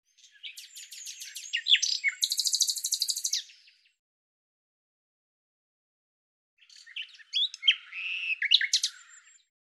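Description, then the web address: Bird sings a jumbled phrase of chirps ending in a rapid buzzy trill, falls silent for about three seconds, then gives a shorter twittering, warbling phrase. "Deverinetal 2025"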